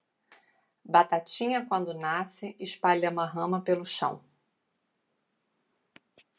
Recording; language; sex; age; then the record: short text; Brazilian Portuguese; female; 50 to 59 years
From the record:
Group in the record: control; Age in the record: 51 years